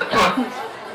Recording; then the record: coughing mixed with background sound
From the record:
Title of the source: Barking cough - # 10